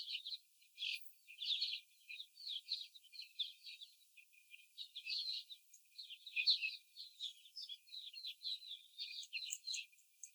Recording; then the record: young laying hens in a cage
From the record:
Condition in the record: before the stressor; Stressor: simulated dog barking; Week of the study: 4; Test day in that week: 2